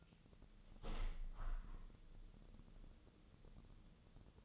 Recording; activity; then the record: daily activity, microphone in the room; open window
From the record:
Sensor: 4